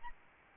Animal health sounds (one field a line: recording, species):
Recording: mosquito wingbeat signal from an infrared sensor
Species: Aedes albopictus